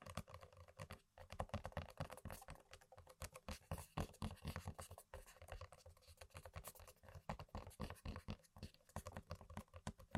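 Tapping on random objects, a rapid, irregular run of sharp clicks and taps that comes almost without pause for the whole ten seconds, much like fast typing on a keyboard. The hits are crisp and bright with a dull knock underneath, and a few brief gaps fall near one, five and eight seconds.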